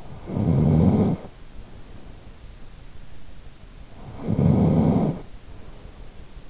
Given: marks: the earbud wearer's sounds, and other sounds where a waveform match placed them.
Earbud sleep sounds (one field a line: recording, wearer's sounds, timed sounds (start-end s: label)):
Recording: sounds in sleep by an in-ear microphone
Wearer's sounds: snoring breath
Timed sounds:
0.00-2.72 s: snoring breath
3.89-6.49 s: snoring breath